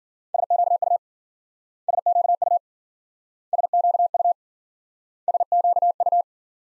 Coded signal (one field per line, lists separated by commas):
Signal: Morse code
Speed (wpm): 49 wpm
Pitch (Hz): 700 Hz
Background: none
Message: SQU SQU SQU SQU